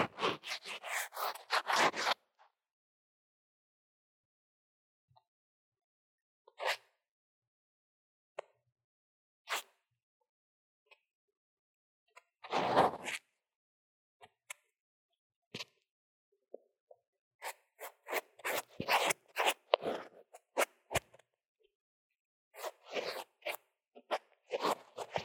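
Drawing and makeup sounds: dry scratching and rubbing strokes come in short bursts, with a dense flurry at the start, another near the middle, and busy clusters in the last third. Between them are long silent gaps broken by single soft taps and clicks.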